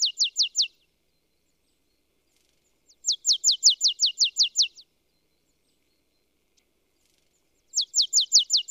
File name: Poecile palustris